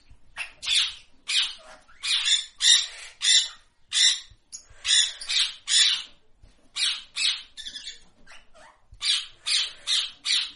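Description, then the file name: Parrot squawks: loud, harsh, grating bursts in quick series and small groups, with brief pauses between groups. "Papageien"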